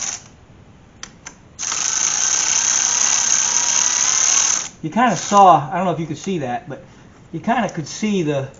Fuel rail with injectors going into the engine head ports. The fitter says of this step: fuel rail just suddenly settle in all it popped past all the seals and it just kind of popped into place so